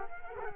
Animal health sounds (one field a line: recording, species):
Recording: mosquito wingbeat signal from an infrared sensor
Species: Culex quinquefasciatus